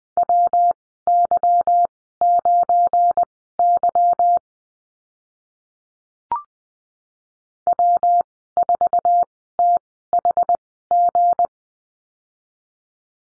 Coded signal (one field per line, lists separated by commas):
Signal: Morse code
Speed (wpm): 20 wpm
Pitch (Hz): 700 Hz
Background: none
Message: WY9Y W4THG